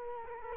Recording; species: mosquito wingbeat signal from an infrared sensor; Culex quinquefasciatus